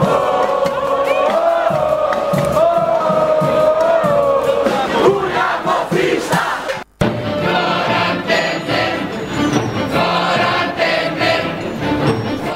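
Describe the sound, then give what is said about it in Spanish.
A large crowd in Brazil shouts the protest chant "Fora Cunha" in unison as deputy Eduardo Cunha is removed by Congress, loud and sustained, with rhythmic rising voices; a brief cut near the middle, then the massed chanting and cheering resume. “Mientras continúa en Brasil el grito de Fora Temer, por estas horas se escuchó el grito muy fuerte de Fora Cunha y finalmente cayó el hombre artífice del golpe parlamentario, Eduardo Cunha, fue destituido por el Congreso brasileño.”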